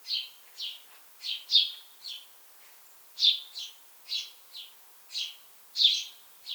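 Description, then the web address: House sparrow chirps in a lively, uneven series, often paired, with one short pause midway. "pub SETE data Passer domesticus"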